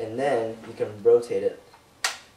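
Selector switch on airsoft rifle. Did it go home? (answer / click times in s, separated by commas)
yes / 2.1 s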